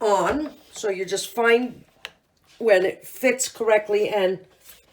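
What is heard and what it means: Someone talks while lining up the plastic battery compartment cover on the base of a talking kitchen scale, getting it ready to press down into place. Nothing has seated or clicked yet.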